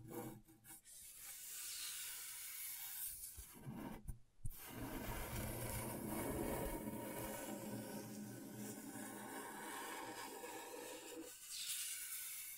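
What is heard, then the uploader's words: Scratchboard being scraped, a dense hissing rasp that runs almost continuously with bright, gritty texture. A brief gap comes near four seconds, then the scratching resumes steadily and evenly, easing in intensity after about eleven seconds. ASMR Brain Tingling Scratchboard (No Talking).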